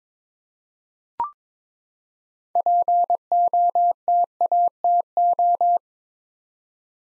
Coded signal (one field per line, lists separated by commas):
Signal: Morse code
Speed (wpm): 22 wpm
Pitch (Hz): 700 Hz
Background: none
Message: POTATO